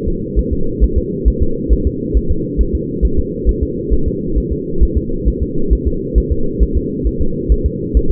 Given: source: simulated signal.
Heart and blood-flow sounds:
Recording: fetal heart sounds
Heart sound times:
0.08 s: S2
0.39 s: S1
0.53 s: S2
0.84 s: S1
0.98 s: S2
1.28 s: S1
1.43 s: S2
1.73 s: S1
1.87 s: S2
2.17 s: S1
2.31 s: S2
2.61 s: S1
2.75 s: S2
3.05 s: S1
3.19 s: S2
3.49 s: S1
3.63 s: S2
3.93 s: S1
4.08 s: S2
4.38 s: S1
4.52 s: S2
4.83 s: S1
4.97 s: S2
5.28 s: S1
5.43 s: S2
5.73 s: S1
5.87 s: S2
6.18 s: S1
6.32 s: S2
6.63 s: S1
6.77 s: S2
7.07 s: S1
7.22 s: S2
7.52 s: S1
7.66 s: S2
7.97 s: S1
8.11 s: S2
From the record:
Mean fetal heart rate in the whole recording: 135 bpm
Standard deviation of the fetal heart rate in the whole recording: 3 bpm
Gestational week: 34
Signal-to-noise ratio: -8.1 dB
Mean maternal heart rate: 72 bpm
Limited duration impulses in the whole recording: absent

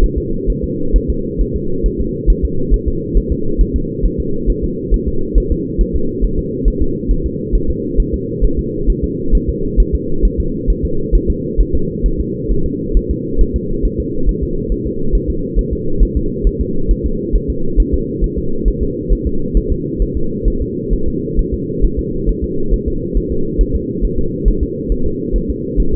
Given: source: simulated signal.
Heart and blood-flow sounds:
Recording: fetal heart sounds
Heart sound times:
0.04 s: S1
0.18 s: S2
0.50 s: S1
0.64 s: S2
0.96 s: S1
1.10 s: S2
1.41 s: S1
1.56 s: S2
1.86 s: S1
2.01 s: S2
2.30 s: S1
2.45 s: S2
2.74 s: S1
2.88 s: S2
3.17 s: S1
3.32 s: S2
3.61 s: S1
3.76 s: S2
4.05 s: S1
4.20 s: S2
4.50 s: S1
4.64 s: S2
4.94 s: S1
5.08 s: S2
5.38 s: S1
5.52 s: S2
5.81 s: S1
5.96 s: S2
6.25 s: S1
6.39 s: S2
6.68 s: S1
6.82 s: S2
7.11 s: S1
7.26 s: S2
7.55 s: S1
7.70 s: S2
8.00 s: S1
8.14 s: S2
8.45 s: S1
8.59 s: S2
8.90 s: S1
9.04 s: S2
9.35 s: S1
9.49 s: S2
9.80 s: S1
9.95 s: S2
10.25 s: S1
10.40 s: S2
10.70 s: S1
10.85 s: S2
11.15 s: S1
11.30 s: S2
11.61 s: S1
11.75 s: S2
12.06 s: S1
12.21 s: S2
12.52 s: S1
12.66 s: S2
12.97 s: S1
13.11 s: S2
13.41 s: S1
13.56 s: S2
13.85 s: S1
14.00 s: S2
14.29 s: S1
14.43 s: S2
14.72 s: S1
14.87 s: S2
15.15 s: S1
15.30 s: S2
15.59 s: S1
15.73 s: S2
16.03 s: S1
16.17 s: S2
16.47 s: S1
16.61 s: S2
16.91 s: S1
17.06 s: S2
17.36 s: S1
17.50 s: S2
17.80 s: S1
17.94 s: S2
18.24 s: S1
18.39 s: S2
18.68 s: S1
18.83 s: S2
19.13 s: S1
19.27 s: S2
19.57 s: S1
19.72 s: S2
20.02 s: S1
20.17 s: S2
20.48 s: S1
20.62 s: S2
20.93 s: S1
21.08 s: S2
21.39 s: S1
21.54 s: S2
21.84 s: S1
21.99 s: S2
22.29 s: S1
22.44 s: S2
22.74 s: S1
22.88 s: S2
23.18 s: S1
23.32 s: S2
23.61 s: S1
23.76 s: S2
24.05 s: S1
24.19 s: S2
24.48 s: S1
24.63 s: S2
24.92 s: S1
25.07 s: S2
25.36 s: S1
25.50 s: S2
25.80 s: S1
25.94 s: S2
From the record:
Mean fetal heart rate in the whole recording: 135 bpm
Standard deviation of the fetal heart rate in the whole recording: 3 bpm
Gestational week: 36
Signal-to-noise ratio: -8.1 dB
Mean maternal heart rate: 72 bpm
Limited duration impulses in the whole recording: absent

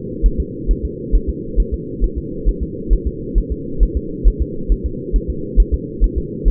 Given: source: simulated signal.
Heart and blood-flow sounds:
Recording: fetal heart sounds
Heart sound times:
0.26 s: S1
0.40 s: S2
0.71 s: S1
0.85 s: S2
1.15 s: S1
1.29 s: S2
1.60 s: S1
1.74 s: S2
2.04 s: S1
2.18 s: S2
2.49 s: S1
2.63 s: S2
2.93 s: S1
3.07 s: S2
3.38 s: S1
3.52 s: S2
3.83 s: S1
3.97 s: S2
4.27 s: S1
4.42 s: S2
4.72 s: S1
4.86 s: S2
5.16 s: S1
5.30 s: S2
5.60 s: S1
5.74 s: S2
6.04 s: S1
6.18 s: S2
6.48 s: S1
From the record:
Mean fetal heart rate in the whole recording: 135 bpm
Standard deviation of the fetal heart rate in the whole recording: 3 bpm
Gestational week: 36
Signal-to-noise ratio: -4.3 dB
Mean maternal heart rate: 72 bpm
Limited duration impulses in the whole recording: absent

